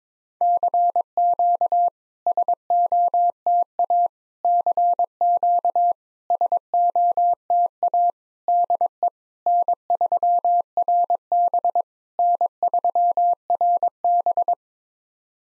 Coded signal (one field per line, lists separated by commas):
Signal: Morse code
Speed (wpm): 22 wpm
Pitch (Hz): 700 Hz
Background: none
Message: CQ SOTA CQ SOTA DE N3RB N3RB